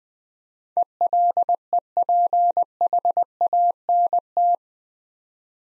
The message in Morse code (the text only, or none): ELEPHANT